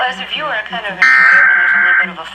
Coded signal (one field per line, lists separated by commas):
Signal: Emergency Alert System (SAME) tones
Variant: header bursts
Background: speech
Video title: NATIONAL EAS TEST (EAS #112 - #114)